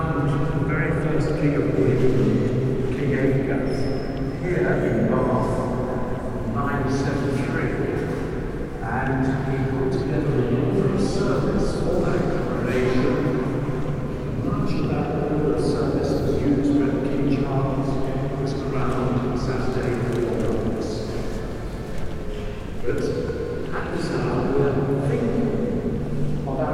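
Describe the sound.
Inside Bath Abbey, a steady murmur of many voices runs without pause, low and dense, with a man's voice sometimes rising above the chatter. Scattered sharp taps, possibly footsteps, come and go throughout, and the overall level stays even.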